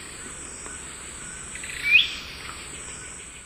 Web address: Natures Songs S America Eastern Lowlands Euphonia laniirostris, calls female near nest